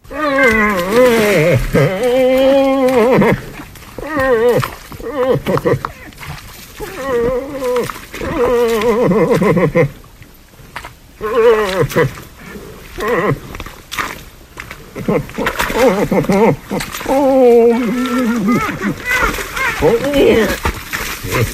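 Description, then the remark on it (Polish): A red deer stag gives a series of deep, groaning roars in repeated bursts during the rut, mixed with splashing and sloshing water between the calls. “Jeśli państwo uważnie się wsłuchiwali, tak, to no, słyszymy, że to zwierz, prawda? To ten sam, to ten sam.”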